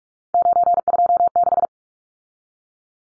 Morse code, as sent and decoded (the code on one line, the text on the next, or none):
----. ..--- -....
926